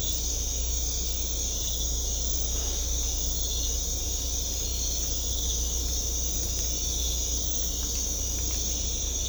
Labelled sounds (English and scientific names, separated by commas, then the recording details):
none
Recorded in secondary vegetation near Puerto Asís, Putumayo, Colombia, on 16 December 2024 at 03:30
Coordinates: 0.500, -76.326
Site G065